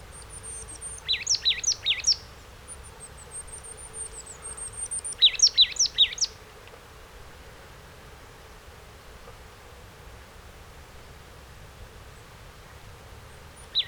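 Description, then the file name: Marsh tit calls: faint thin high notes with two rapid bursts of sharp, dropping chips, then a long quiet stretch and one final note. "Poecile palustris"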